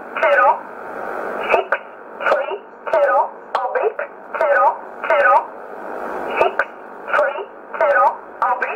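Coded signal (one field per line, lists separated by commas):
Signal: numbers station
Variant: E11 Oblique, English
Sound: short, evenly spaced spoken words over a narrow radio channel, about twelve words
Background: radio static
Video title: 24 04 2020 E11 Oblique Numbers station in English 0716 on 9963 unknown tx site in USB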